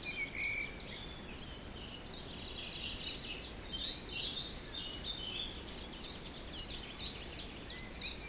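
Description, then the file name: Birds sing rapid high chips and trills in a busy twittering, with a few lower whistles and a constant wind rush. Forest in spring, windy (3 Beaufort), recorded at 1 pm. "Forest Spring Birds Windy 3 bft 1 pm"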